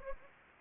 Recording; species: mosquito wingbeat signal from an infrared sensor; Anopheles gambiae